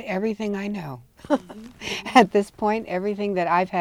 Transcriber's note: chuckles